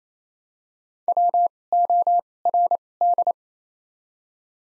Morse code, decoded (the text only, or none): WORD